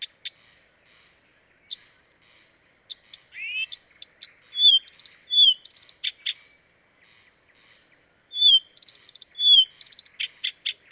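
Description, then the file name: Blyth's reed warbler delivering varied phrases: sharp clicks, a rising slurred whistle, buzzy trills and repeated downslurred notes, with quiet pauses between bursts. Dviete. "dviete acrocephalus dumetorum"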